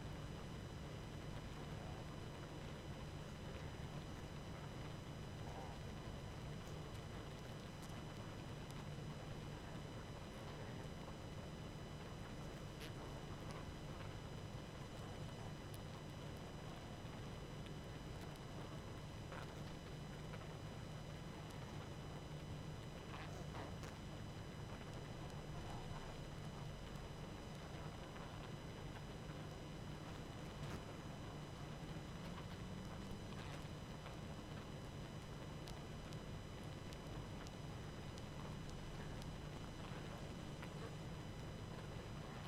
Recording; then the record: honeybee colony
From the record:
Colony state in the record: active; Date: 12 June 2018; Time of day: 21:04